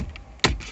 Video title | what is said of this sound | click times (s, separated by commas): Removal and installation of the instrument cluster and stereo head unit Nissan Leaf ZE1 | Pull - one click, two clicks. | 0.4 s